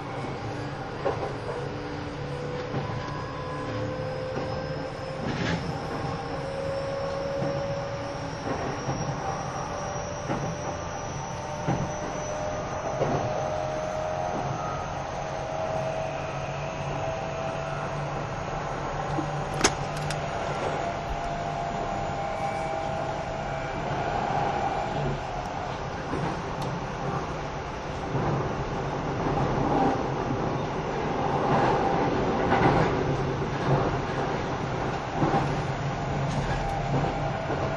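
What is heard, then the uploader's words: A train runs steadily, a dense continuous rumble with a low drone and a thin high whine that creeps upward over the first half. Brief clacks and knocks break through every few seconds, with a sharp one near twenty seconds, and the noise swells slightly toward the end. 京王5000系 ＂Mt TAKAO(マウント高尾)-01号＂. 新宿～高尾山口. The Keio 5000 series is a commuter vehicle that can also be used as a paid train. It is a train running sound (still image) of "Mt TAKAO-01", which is the fastest train of the vehicle.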